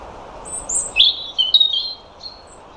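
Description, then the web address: European robin song: thin high whistles, then a tumbling phrase of sweet, wavering notes, ending with a faint note. Low background noise. "Deverinetal 2025 File origin Bird Only Er Ru"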